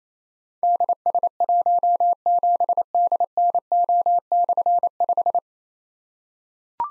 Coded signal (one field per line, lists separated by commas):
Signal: Morse code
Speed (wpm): 28 wpm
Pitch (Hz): 700 Hz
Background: none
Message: DS17DNO/5